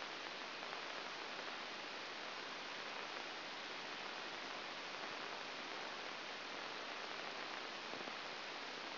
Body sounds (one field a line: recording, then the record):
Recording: brain microelectrode recording played as sound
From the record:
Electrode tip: outside the subthalamic nucleus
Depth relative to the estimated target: -7 mm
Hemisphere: right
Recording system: AlphaMap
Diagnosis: Parkinson's disease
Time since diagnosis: 7 years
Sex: female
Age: 49 years